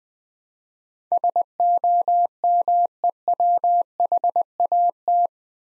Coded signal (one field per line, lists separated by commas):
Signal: Morse code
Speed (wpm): 20 wpm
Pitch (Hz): 700 Hz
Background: none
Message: SOMEWHAT